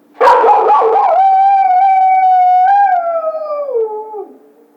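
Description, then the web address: Coyote howl: a few quick wavering yips lead into a long steady tone that wobbles and then slides downward as it fades. Recorded 1 February 2010. "Coyote 2010 02 01 howl"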